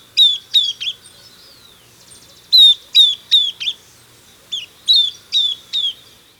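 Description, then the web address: Southern beardless tyrannulet calling in sharp, high, down-slurred notes in short groups of three to five, the groups repeated with short pauses between them. Recorded in Ecuador. "Birds of Ecuador 2. Southern Beardless Tyrannulet"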